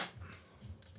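The top piece of a PC case is handled as it is being clipped back onto the case, after sound-absorbing material was fitted inside the case. Brief handling noises and low thumps are heard, with a faint tick around 0.8 s. Nothing has seated or clicked into place yet.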